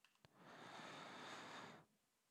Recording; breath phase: one breath near a microphone; inhalation